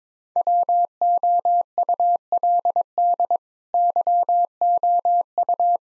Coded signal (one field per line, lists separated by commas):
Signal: Morse code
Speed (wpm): 22 wpm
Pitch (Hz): 700 Hz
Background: none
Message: WOULD YOU